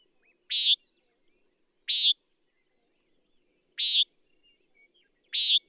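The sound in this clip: Common nighthawk giving short, buzzy, nasal peent calls, four notes spaced about one and a half to two seconds apart, against a quiet background.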